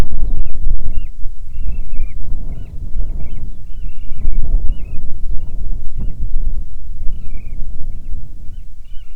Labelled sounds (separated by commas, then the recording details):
bird, wind
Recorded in the Arctic National Wildlife Refuge, Alaska, on 9 July 2019 at 22:43
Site 48